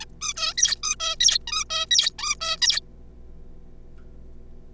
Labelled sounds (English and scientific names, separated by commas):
Zebra Finch (Taeniopygia guttata)